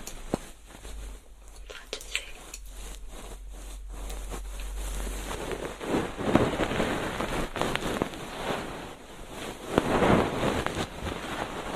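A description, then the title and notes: Soft, close scratching and rustling of a feather pick cleaning an ear, in irregular brushing strokes. It starts sparse with a low steady hum underneath for the first few seconds, then grows denser and louder, with fuller swishes around six and ten seconds. Ear cleaning. 3DIO 마이크를 이용한 귀청소!! Feather pick (솜털귀이개).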